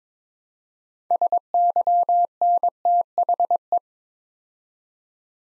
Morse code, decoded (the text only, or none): SYNTHE